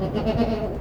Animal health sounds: contact call of a hoofed animal; goat; low-frequency (closed-mouth) or high-frequency (open-mouth) call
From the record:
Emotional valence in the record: positive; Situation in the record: food anticipation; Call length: 0.81 s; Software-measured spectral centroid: 1390 Hz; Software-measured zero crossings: 970 a second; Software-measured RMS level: -24 dBFS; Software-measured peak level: -10 dBFS

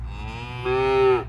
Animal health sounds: contact call of a hoofed animal; cattle; low-frequency (closed-mouth) or high-frequency (open-mouth) call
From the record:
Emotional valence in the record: negative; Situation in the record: full separation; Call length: 1.29 s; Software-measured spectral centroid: 1600 Hz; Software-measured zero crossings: 1260 a second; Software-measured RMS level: -22 dBFS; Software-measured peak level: -10 dBFS

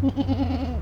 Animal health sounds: contact call of a hoofed animal; goat; low-frequency (closed-mouth) or high-frequency (open-mouth) call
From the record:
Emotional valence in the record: negative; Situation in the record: short social isolation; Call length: 0.82 s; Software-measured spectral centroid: 1340 Hz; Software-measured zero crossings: 610 a second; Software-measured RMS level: -24 dBFS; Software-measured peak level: -12 dBFS

